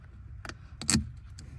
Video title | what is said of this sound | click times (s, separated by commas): Jeep TJ Blower Motor Fix! | It locks into place. | 0.9 s